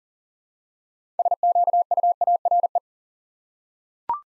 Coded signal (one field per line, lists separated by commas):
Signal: Morse code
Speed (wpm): 41 wpm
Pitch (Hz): 700 Hz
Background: none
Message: SQUARE